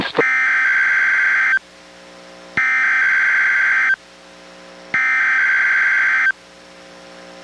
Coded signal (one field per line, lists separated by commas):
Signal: Emergency Alert System (SAME) tones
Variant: header bursts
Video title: EAS #737: NWR Required Weekly Test- Jan. 25, 2023- 11:05AM PST